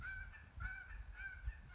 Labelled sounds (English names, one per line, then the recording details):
California Towhee
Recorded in Sonoma County, California